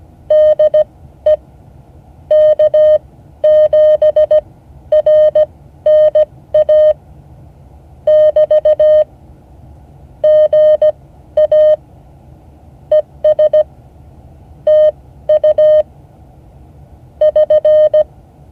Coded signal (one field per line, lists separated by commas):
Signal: Morse code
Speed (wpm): 17 wpm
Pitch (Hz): 610 Hz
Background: none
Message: DE K7RNA <BT> GA ES TU <SN>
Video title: Morse code class 2024-08-06 (8 of 12)